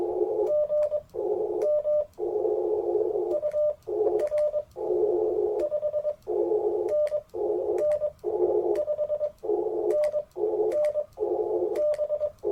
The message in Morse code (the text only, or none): GM UR 5NN 5NN B